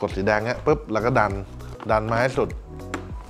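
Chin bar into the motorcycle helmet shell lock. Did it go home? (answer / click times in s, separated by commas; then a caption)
yes / 2.9 s. After the red release button is pressed, the flip chin bar of a SHARK EVO ES motorcycle helmet is pushed all the way round into the shell lock while someone talks over background music. A single short hit at 2.9 s marks the chin bar locking into place.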